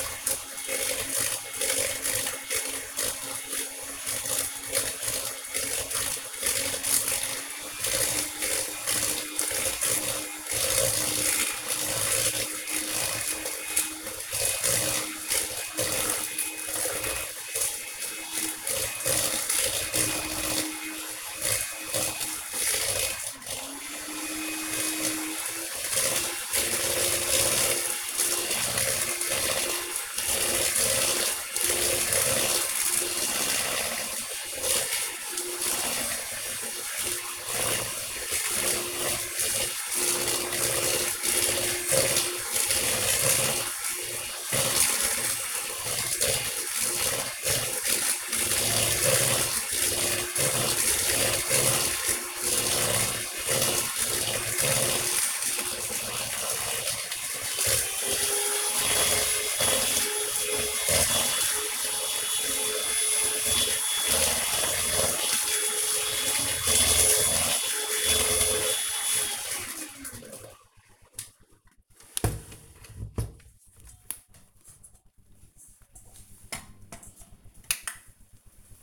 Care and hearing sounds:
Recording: household activities, microphone on the right wrist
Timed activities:
0.00-78.82 s: baking

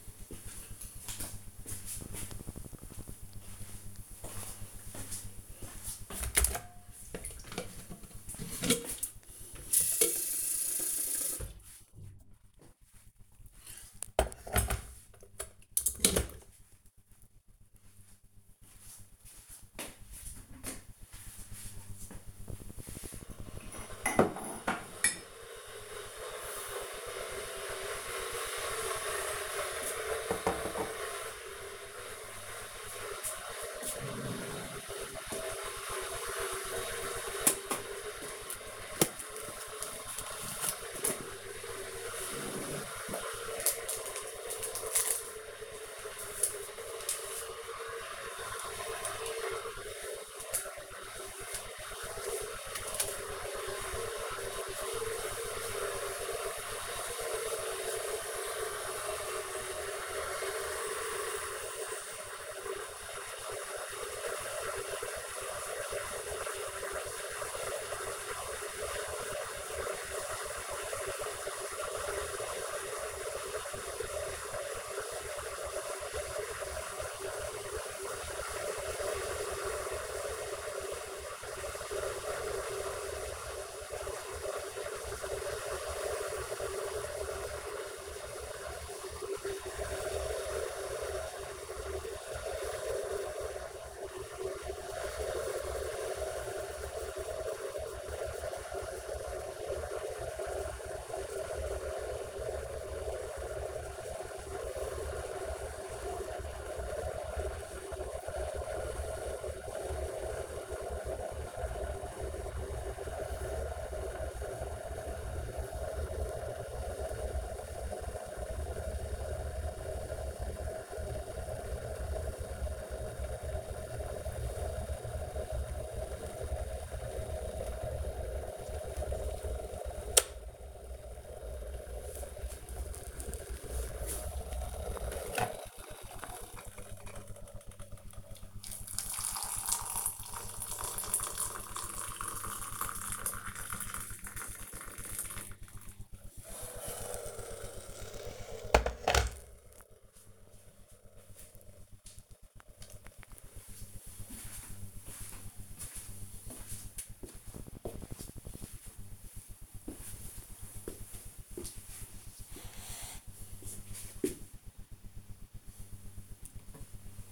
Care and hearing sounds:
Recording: household activities, microphone on the right wrist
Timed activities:
6.14-148.25 s: making tea

